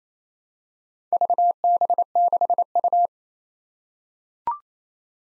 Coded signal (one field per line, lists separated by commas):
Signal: Morse code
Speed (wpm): 28 wpm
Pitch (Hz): 700 Hz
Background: none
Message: VB6U